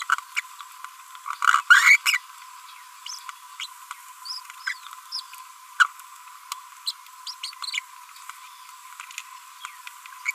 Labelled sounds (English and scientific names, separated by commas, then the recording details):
Green-rumped Parrotlet (Forpus passerinus) babbling
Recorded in a nest box in Venezuela
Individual 18B25A5